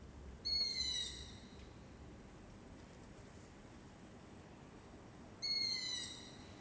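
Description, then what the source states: Long-eared owl begging calls: two high, drawn-out squealing notes separated by several seconds of quiet. Juvenile giving begging calls, recorded 22 July 2018 at 21:27.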